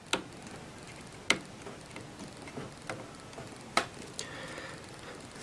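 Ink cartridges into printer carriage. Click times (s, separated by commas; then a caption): 0.1 s, 1.3 s, 3.8 s. The remaining ink cartridges are pushed one after another into an Epson inkjet printer carriage, pressing on their plastic latch arms. Sharp clicks are heard at 0.1, 1.3 and 3.8 seconds, with fainter ticks in between. Each cartridge clicks into place and is seated.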